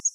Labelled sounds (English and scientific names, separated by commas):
Yellow-rumped Warbler (Setophaga coronata) flight call